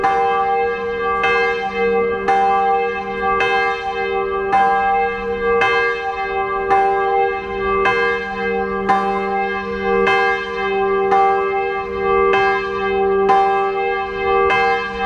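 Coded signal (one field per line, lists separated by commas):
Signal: clock strike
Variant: swinging bronze bell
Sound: a large bell struck steadily about once a second, ringing with long overlapping hum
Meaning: Announces the hour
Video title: 《大港迴聲 整點報時》搖擺鐘 @ 大港迴聲音樂銅鐘廣場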